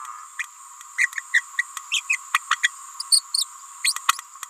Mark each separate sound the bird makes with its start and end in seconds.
0.98-1.08, 1.33-1.42, 1.58-1.64, 1.91-2.01, 2.09-2.18, 2.50-2.56, 2.63-2.71, 3.11-3.24, 3.34-3.46, 3.84-3.94